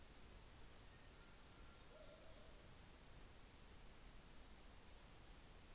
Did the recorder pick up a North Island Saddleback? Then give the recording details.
no. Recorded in New Zealand on 24 December 2018. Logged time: 15:45